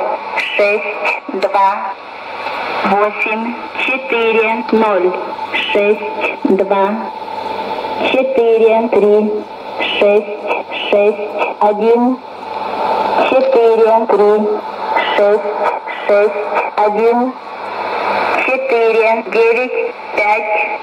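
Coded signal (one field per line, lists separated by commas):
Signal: numbers station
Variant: S06s, Russian female voice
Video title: 21 09 2016 Number station S06s Russian Lady to Eu 0834 on 9255 unknown tx site CUSB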